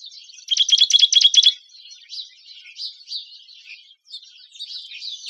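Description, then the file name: Juniper titmouse giving a fast, buzzy burst of several rapid high notes, followed by softer scattered twittering notes. "JUTI 5 Deviche"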